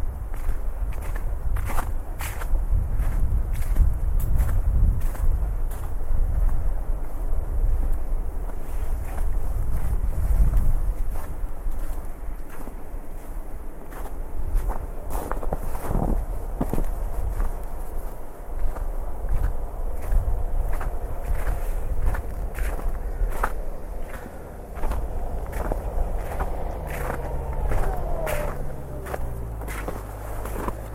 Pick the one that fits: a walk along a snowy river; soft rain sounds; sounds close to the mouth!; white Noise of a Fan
a walk along a snowy river